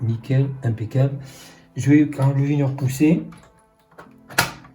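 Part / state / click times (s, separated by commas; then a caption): graphics card into motherboard PCIe slot / seated / 4.4 s. An AMD RX 6700 (non XT) graphics card is pushed into the motherboard PCIe slot while someone talks. A sharp click at 4.4 s marks the retention latch catching, and the card is locked onto the motherboard.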